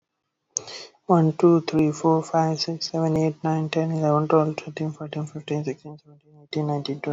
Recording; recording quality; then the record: counting at a normal pace; excellent, no background noise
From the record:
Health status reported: exposed to COVID-19, no respiratory illness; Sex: male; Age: 20 years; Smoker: no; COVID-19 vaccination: both doses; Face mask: not worn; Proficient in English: yes